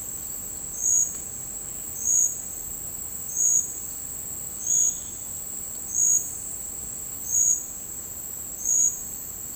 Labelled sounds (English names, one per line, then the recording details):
none
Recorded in dense forest near Puerto Asís, Putumayo, Colombia, on 24 March 2025 at 09:30
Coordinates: 0.485, -76.318
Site G056